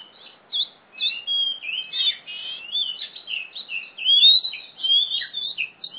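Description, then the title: Oriental magpie-robin pouring out loud, rich whistled phrases and quick slurred chirps in near-continuous song. Female competition bird from East Java, a national first-place champion; described as gacor (singing constantly), fighting type, black, poci. "Kacer Juara 1 Nasional gacor kacer juara nasional jawa timur kacer tarung betina poci gacor hitam"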